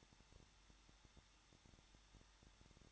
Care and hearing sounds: daily activity, microphone in the room; no activity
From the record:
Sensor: 3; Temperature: 21.2 degrees Celsius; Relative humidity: 36.4%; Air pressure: 1006.4 hPa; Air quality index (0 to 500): 223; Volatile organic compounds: 43 ppm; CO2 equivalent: 3190 ppm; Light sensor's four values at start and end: 2/3/2/2 and 2/3/2/2

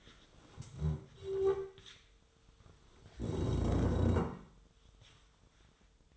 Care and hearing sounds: daily activity, microphone in the room; stand up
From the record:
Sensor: 3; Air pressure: 1005.3 hPa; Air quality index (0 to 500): 96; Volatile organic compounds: 3 ppm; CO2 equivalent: 1510 ppm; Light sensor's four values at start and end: 10/22/9/9 and 8/19/8/8

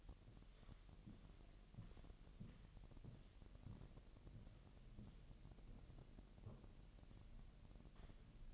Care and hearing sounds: daily activity, microphone in the room; walk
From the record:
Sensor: 4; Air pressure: 1002.9 hPa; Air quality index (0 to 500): 248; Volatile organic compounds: 28 ppm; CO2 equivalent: 2909 ppm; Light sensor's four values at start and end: 8/19/8/8 and 8/19/8/8

